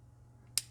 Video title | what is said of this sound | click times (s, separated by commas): Wave 1/20 Maschinen Krieger SAFS Part 1: Assembly Notes | it just snaps into place and then you put | 0.6 s